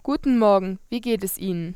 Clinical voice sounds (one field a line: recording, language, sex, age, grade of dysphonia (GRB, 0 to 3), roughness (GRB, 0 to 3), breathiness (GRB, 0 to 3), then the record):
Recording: spoken sentence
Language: German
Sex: female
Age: 18 to 19 years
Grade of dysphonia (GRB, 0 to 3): 0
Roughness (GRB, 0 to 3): 0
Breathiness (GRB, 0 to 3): 0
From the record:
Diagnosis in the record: healthy voice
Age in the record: 19 years